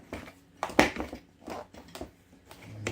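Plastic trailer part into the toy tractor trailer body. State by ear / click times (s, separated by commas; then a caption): seated / 0.6 s, 0.8 s. Two plastic parts of the trailer for a Peg Perego John Deere electric ride-on toy tractor are pressed together, with sharp plastic snaps at 0.6 s and 0.8 s. Quieter handling knocks follow at about 1.0, 1.9 and 2.9 s. The parts snap into place and are seated.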